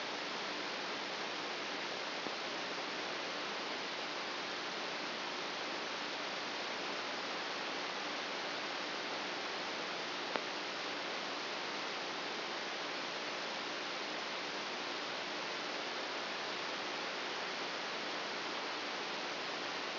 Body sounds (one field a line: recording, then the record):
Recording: brain microelectrode recording played as sound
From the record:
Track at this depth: inside the subthalamic nucleus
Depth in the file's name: 4.003 mm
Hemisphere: right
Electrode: 2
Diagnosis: Parkinson's disease